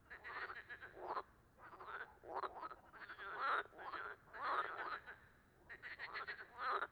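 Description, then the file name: Frogs in a dense chorus of raspy croaks and pulsed trills, repeated in clustered bursts with short pauses. Amphibians calling at a tuilerie (tile works) on 18 March 2017. "2017-03-18 tuilerie chant amphibiens grenouilles"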